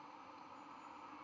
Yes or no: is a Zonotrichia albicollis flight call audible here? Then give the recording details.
no. No flight call is heard. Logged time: 23:47 on 4 November 2014